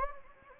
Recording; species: mosquito wingbeat signal from an infrared sensor; Anopheles gambiae